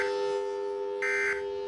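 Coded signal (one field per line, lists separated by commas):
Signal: Emergency Alert System (SAME) tones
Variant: end-of-message bursts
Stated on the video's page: Fictional EAS scenario, deliberately unrealistic.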